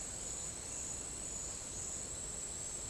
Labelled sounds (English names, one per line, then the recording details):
none
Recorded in dense forest near Puerto Asís, Putumayo, Colombia, on 8 March 2025 at 12:00
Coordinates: 0.467, -76.328
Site G041